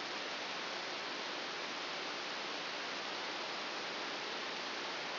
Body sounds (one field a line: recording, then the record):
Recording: brain microelectrode recording played as sound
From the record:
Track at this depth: inside the subthalamic nucleus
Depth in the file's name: 4.801 mm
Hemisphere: right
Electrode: 2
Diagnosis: Parkinson's disease